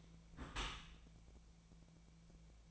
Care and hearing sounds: daily activity, microphone in the room; close dishwasher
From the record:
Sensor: 1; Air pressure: 1000.5 hPa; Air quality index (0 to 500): 183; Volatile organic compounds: 4 ppm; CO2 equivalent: 1680 ppm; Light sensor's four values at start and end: 11/26/10/12 and 11/26/11/12

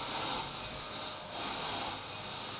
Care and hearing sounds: daily activity, microphone in the room; vacuum cleaning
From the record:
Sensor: 2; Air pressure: 990.9 hPa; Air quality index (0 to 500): 135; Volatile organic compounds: 177 ppm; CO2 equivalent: 4132 ppm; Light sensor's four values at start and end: 21/50/20/20 and 21/50/20/20

